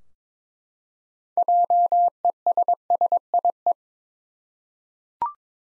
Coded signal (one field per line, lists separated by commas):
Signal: Morse code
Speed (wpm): 22 wpm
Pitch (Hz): 700 Hz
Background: none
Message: JESSIE